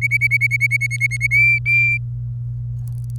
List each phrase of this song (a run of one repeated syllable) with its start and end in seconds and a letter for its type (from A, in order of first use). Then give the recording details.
0.02-1.27 A, 1.31-1.98 B. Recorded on 27 April 2018 at 10:25. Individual llb3